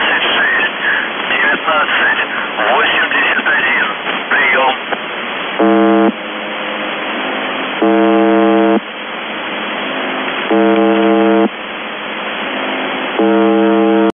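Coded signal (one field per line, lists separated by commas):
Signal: channel marker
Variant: UVB-76 (The Buzzer)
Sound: harsh low buzzes about a second long, repeating every couple of seconds, over static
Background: radio static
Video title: The Buzzer/UVB-76(4625Khz) July 27, 2021 Voice messages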